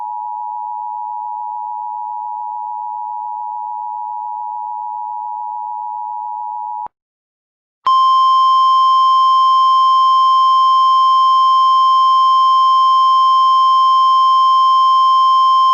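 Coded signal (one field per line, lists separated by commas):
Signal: Emergency Alert System (SAME) tones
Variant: 853 and 960 Hz attention tone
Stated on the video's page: Required Weekly Test in a new EAS format; recording is louder than usual.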